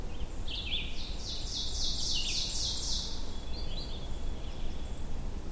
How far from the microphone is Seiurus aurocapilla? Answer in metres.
about 40 m